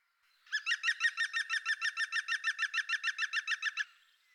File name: groene specht